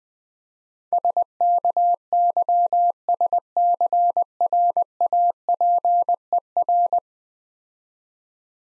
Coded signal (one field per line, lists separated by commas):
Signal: Morse code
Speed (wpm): 20 wpm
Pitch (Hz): 700 Hz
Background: none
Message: SKYSCRAPER